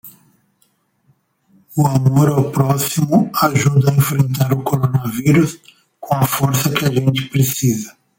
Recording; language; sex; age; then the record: spoken sentence; Brazilian Portuguese; male; 50 to 59 years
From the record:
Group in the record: control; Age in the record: 54 years